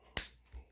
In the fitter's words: until it snaps. It'll snap shut, and we're done.